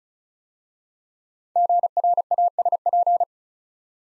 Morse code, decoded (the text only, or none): GRASP